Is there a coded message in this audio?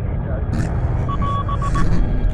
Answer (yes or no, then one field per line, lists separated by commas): no